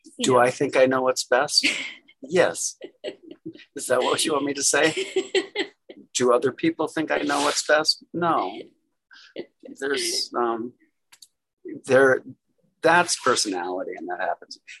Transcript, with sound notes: Do I think I know what’s best? Yes. Is that what you want me to say? [Laughs] Do other people think I know what’s best? No. That’s personality and that happens.